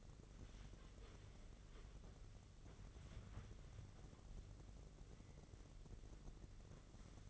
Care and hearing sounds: daily activity, microphone in the room; wipe stove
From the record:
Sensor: 4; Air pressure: 1013.2 hPa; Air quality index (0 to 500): 178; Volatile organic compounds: 2 ppm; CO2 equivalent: 1118 ppm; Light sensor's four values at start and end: 95/237/98/104 and 94/236/97/103

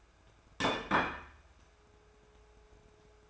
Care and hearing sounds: daily activity, microphone in the room; place plate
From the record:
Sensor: 2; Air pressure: 1014.9 hPa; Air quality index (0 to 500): 204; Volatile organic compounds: 20 ppm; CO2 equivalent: 2690 ppm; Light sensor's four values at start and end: 24/58/25/27 and 24/58/25/28

